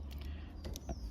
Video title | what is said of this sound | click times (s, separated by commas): Budget Multi tool comparison Workpro Bibury Leatherman | you can lock that in and again this feels quite nice feels well made and machined | 0.8 s